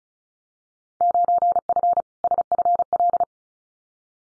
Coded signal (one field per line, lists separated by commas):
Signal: Morse code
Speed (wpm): 34 wpm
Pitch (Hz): 700 Hz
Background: none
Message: 9F SFL